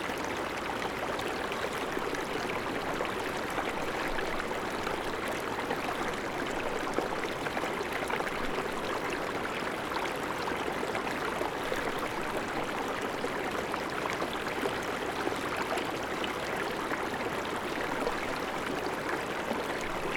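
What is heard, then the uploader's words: A river flows steadily past, a dense, bubbling rush that never lets up over the twenty seconds. The sound sits mostly in the middle and upper-middle range, with a fine, fizzy texture of small splashes and gurgles and little deep rumble. Bubbly Flowing River.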